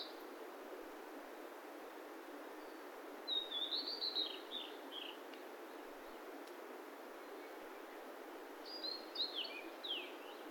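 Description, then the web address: Bird song: a high, thin phrase of quick twittering notes, then a second similar phrase near the end, over steady hissing background noise. "yacho koe"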